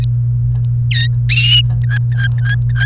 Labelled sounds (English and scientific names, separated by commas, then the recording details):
Domestic Canary (Serinus canaria) song
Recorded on 29 April 2018 at 16:40
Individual llb3